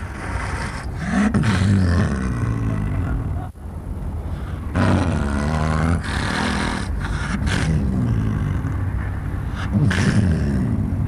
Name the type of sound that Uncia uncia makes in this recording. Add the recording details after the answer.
call. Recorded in captivity. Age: adult. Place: Tierpark Berlin, Berlin, DE. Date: 1962-11-06 17:30. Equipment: Minifon, Kopie Smaragd. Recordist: Tembrock, Günter